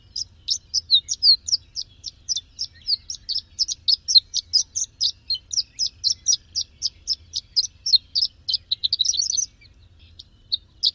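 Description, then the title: Greater green leafbird song, a long stream of rapid, high chirping notes, ending after a fast flurry and a few isolated chirps. "Kicau Cucak Ijo"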